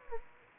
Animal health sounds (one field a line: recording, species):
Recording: mosquito wingbeat signal from an infrared sensor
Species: Anopheles gambiae